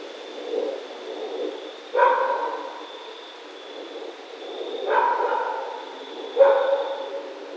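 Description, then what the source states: Raccoon voicing softer cries first, then three sharper harmonic yelps at uneven gaps of one to three seconds, each fading quickly; faint steady high hum in background. Recorded 28 October 2010.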